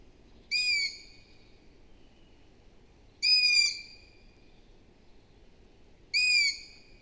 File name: Hibou moyen-duc - Asio otus